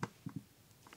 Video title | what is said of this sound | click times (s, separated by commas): BMW 650i Engine Oil And Transmission Fluid Change N62 ZF6hp26 | it is. Got one little click out of it. | 0.0 s